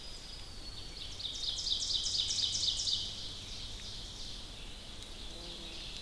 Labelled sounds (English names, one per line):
Ovenbird song